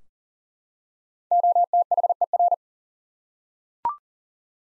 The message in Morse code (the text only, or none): OTHER